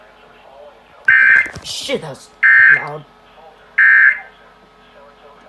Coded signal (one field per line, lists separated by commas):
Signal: Emergency Alert System (SAME) tones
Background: speech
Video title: FAILED EAS TORNADO WARNING ON TV - Issues with Message Volume (And on NWR Didn't Fail) (EAS #24-25)